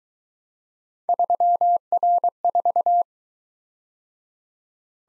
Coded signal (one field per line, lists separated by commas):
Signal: Morse code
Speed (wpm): 22 wpm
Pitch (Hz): 700 Hz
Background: none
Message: 3R4